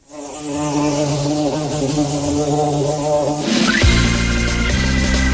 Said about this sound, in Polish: To nie był Bąk, to był Trzmiel.